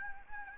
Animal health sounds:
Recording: mosquito wingbeat signal from an infrared sensor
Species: Anopheles gambiae

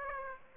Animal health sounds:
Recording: mosquito wingbeat signal from an infrared sensor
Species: Aedes aegypti

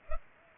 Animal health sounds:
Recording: mosquito wingbeat signal from an infrared sensor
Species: Culex pipiens

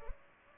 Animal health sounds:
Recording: mosquito wingbeat signal from an infrared sensor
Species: Culex pipiens

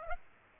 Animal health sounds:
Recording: mosquito wingbeat signal from an infrared sensor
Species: Aedes aegypti

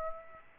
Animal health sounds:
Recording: mosquito wingbeat signal from an infrared sensor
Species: Aedes aegypti

